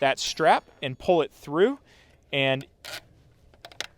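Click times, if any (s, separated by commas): 3.5 s, 3.7 s, 3.8 s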